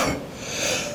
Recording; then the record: coughing mixed with background sound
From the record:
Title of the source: Spring Cold Coughing 3